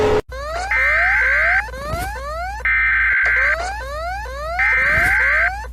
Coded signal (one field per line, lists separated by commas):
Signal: Emergency Alert System (SAME) tones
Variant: header bursts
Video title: (ARCHIVED) Debunk EAS alarms part 2 (Finally..)